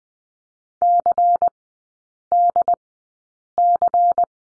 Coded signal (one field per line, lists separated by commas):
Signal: Morse code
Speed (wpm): 20 wpm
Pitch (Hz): 700 Hz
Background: none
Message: CDC